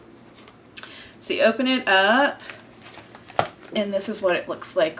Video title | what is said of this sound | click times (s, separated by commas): Tim Holtz Collection Folio Share | cover paper and it just snaps right in | 0.8 s